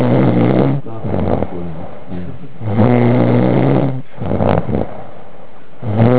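An adult snoring, with repeated low-pitched, buzzing snores.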